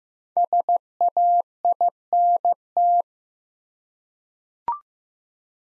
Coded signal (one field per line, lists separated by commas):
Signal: Morse code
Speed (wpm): 15 wpm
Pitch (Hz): 700 Hz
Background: none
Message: SAINT